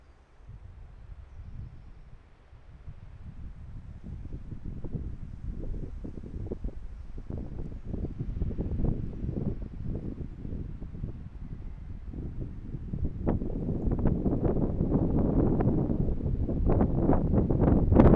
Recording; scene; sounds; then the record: everyday scene through a hearing-aid microphone; wind on the microphone; squally wind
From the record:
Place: parking lot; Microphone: behind the ear, right, front